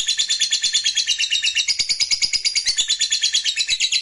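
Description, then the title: Lovebird in a loud, fast chattering trill, high and raspy, with evenly pulsed notes running without a break for the whole four seconds. Fighter lovebird; ngekek panjang, a long trill. "Begitu Dengar Suara Lovebird FIGHTER NGEKEK PANJANG"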